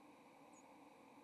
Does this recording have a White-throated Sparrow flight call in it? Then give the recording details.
no. Another species' flight call is heard. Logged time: 07:28 on 30 October 2014